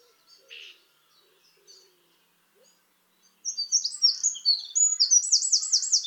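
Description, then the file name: Eurasian wren song begins after a few quiet seconds with faint sounds, then bursts into rapid, shrill notes ending in a fast rattling trill. "Troglodytes troglodytes"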